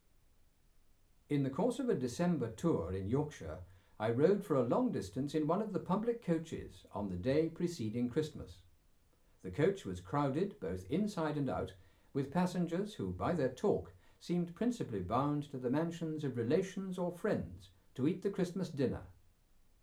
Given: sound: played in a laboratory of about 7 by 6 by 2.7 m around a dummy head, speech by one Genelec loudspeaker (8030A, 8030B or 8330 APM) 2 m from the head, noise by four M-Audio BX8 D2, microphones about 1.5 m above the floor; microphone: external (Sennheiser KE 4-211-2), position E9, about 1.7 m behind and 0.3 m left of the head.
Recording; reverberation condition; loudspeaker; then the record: male speech in English; low; 150 degrees to the right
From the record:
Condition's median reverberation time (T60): about 310 ms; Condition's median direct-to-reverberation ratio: about 3.5 dB